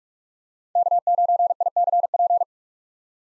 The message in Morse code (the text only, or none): K9ICP